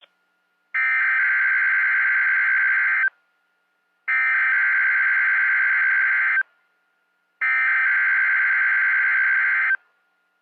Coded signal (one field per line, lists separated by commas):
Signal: Emergency Alert System (SAME) tones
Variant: header bursts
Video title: Required Weekly Test on WXJ97 (EAS #1188)